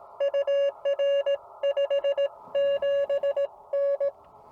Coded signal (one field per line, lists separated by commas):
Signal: Morse code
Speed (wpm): 16 wpm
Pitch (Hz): 550 Hz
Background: none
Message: UR 57N